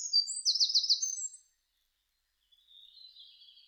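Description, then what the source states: Eurasian wren song: a loud burst of high, rapid trills and sharp notes lasting about a second and a half, then silence and a faint, softer high warble. Recorded 5 June 2005.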